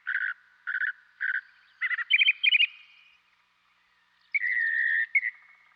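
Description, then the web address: Northern mockingbird song: a buzzy phrase repeated three times, then a few higher notes and a long buzzy note. "Dan Gibson Wildlife Identification By Sound, Western North America. Northern Mockingbird"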